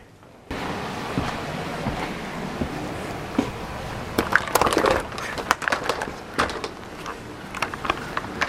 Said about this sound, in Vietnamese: Mới kể câu chuyện các bạn nghe xong á, mình thấy một cái tiếng gió thổi qua luôn, mà trong khi ở đây nó bít hết rồi, làm mình lên da gà mọi người.